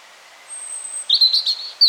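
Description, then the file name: European robin giving a faint thin whistle, then a short burst of high twittering notes. "Erithacus rubecula"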